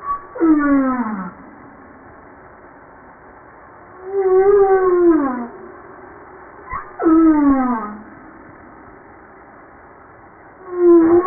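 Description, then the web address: Humpback whale calls: several loud, descending harmonic wails with quiet gaps between. From a 2013 JASA publication. "JASA 2013 Blue Bowhead Fin Humpback Southern Right Whale humpback 940305 0937"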